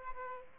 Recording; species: mosquito wingbeat signal from an infrared sensor; Aedes aegypti